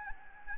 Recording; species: mosquito wingbeat signal from an infrared sensor; Anopheles gambiae